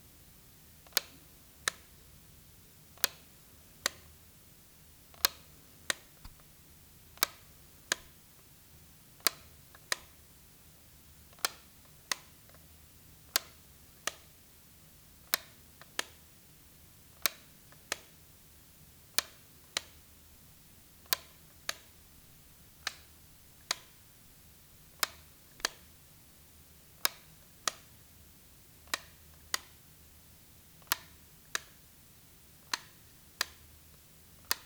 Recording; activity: daily activity, guitar pickup as the sensor; operate light